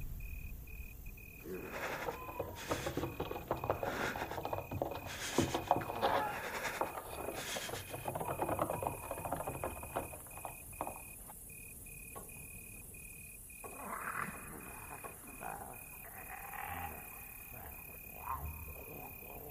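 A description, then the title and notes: A dark village ambience with a steady, high-pitched pulsing drone, like insects or a rhythmic chirp, running the whole way through. The first half is busy with close clattering, rustling and muffled voice-like sounds, then it thins out, with a few scattered bumps later on. Lost in the dark village Asmr ambience.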